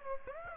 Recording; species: mosquito wingbeat signal from an infrared sensor; Aedes aegypti